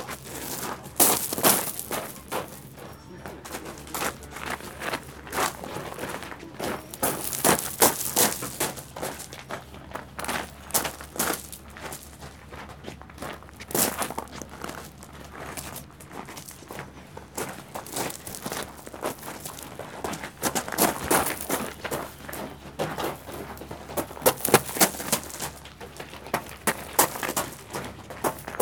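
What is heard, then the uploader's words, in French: Running footsteps crunch over gravel, a rapid, irregular patter of sharp, bright crunches that thickens into dense bursts around 1, 8, 20 and 25 seconds. A faint low hum stays steady underneath throughout. Pas qui courent sur graviers.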